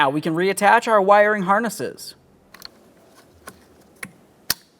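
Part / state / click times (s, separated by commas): wiring harness connector into master power window switch / seated / 4.5 s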